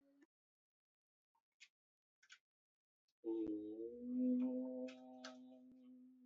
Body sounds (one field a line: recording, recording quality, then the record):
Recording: sustained vowel as in boot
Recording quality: moderate, slight background noise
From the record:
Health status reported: COVID-19 positive, mild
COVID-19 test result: positive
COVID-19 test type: RT-PCR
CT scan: not taken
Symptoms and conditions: cough, cold, fever, fatigue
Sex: male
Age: 26 years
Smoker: no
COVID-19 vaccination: both doses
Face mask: not worn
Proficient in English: yes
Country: India